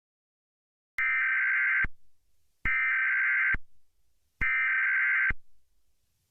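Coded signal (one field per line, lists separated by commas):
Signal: Emergency Alert System (SAME) tones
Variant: header bursts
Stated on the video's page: Fictional EAS scenario for a horror film, made with EAS software.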